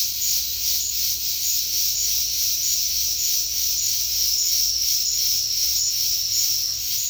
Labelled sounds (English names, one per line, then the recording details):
none
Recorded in dense forest near Puerto Asís, Putumayo, Colombia, on 20 February 2024 at 08:30
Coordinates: 0.496, -76.326
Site G6383